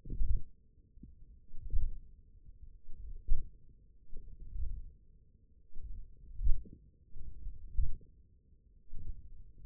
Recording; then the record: forearm muscle sounds (acoustic myography)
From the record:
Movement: hand closing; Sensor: system 1, eight BSWA MPA416 microphones around the upper forearm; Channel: 4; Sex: male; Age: 20 years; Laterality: left